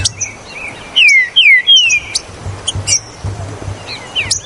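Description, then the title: Green-winged saltator song: loud whistled notes sliding down, several in quick succession, with sharp high chirps and clicks and a low steady hum beneath. "Trinca Ferro Ao Maximo Trinca Ferro Maquin"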